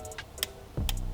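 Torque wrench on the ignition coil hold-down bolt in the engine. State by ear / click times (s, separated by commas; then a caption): torque reached / 0.9 s. A torque wrench set to 8 Nm tightens the small hold-down bolt of an ignition coil in a BMW F or G series engine, with faint light ticks early on. The wrench gives a sharp click at 0.9 s, showing the bolt has reached the set torque. No one talks.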